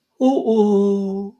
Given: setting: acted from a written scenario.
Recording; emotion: vocal sound without words; disappointment